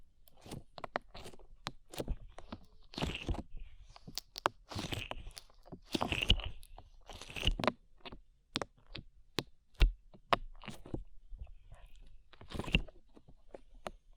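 Slime being handled and squeezed, with sharp crackling pops and wet crunchy squelches arriving in quick, irregular bursts. Denser clusters of squishing swell around three, six and seven seconds, with another around twelve, while sparse clicks fill the gaps over near silence.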